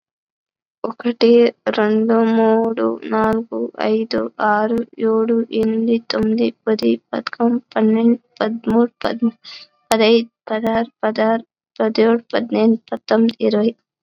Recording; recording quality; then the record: counting at a normal pace; excellent, no background noise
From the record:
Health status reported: COVID-19 positive, moderate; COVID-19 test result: positive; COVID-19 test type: rapid antigen test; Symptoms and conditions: cough, fever, fatigue, muscle pain, another condition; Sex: female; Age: 19 years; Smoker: no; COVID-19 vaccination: one dose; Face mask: worn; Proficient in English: no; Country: India